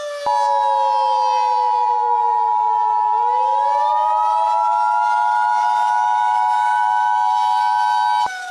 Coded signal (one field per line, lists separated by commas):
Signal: Emergency Alert System (SAME) tones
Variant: 853 and 960 Hz attention tone